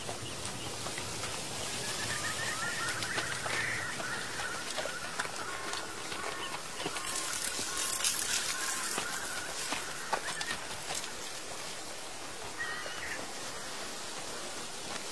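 Steady, dense rustling hiss of leaves with scattered crackles, faint distant bird calls near three and thirteen seconds, swelling briefly around eight seconds.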